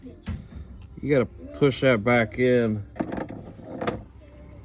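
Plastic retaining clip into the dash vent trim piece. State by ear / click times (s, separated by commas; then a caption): seated / 3.9 s. Someone talks while pushing a small plastic retaining clip back into a plastic vent trim piece popped off a Polaris Xpedition UTV dash, so the vent will snap on again. Several mechanical hits follow, and the clip seats with a sharp click at 3.9 s.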